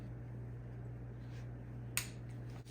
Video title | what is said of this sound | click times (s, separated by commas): Acura RSX Rough Idle? Fix it in 10 Minutes! | You'll hear it click. | 2.0 s